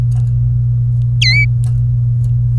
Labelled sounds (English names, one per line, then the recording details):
Domestic Canary song
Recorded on 24 April 2018 at 12:08
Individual llb3